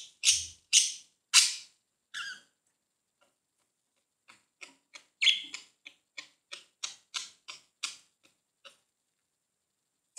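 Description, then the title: Budgerigar giving loud harsh chirps, then a quicker run of soft, ticking clicks and short squeaks. "Budgie Sounds"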